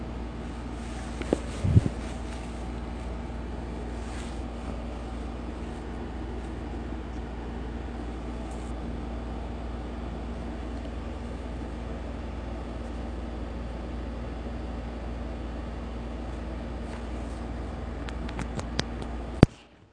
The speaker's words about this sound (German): Ja, das stimmt. Das Rauschen der Klimaanlage.